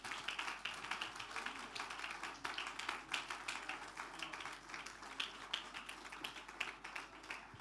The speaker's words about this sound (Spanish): Póngase de pie, por favor, denle ese aplauso de alabanza al Señor.